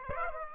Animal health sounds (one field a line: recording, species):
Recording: mosquito wingbeat signal from an infrared sensor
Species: Aedes aegypti